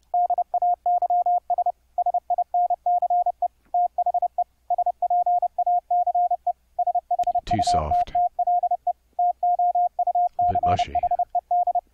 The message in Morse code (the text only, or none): DAYS SINCE THE SPACE SHUTTLE TOUCHED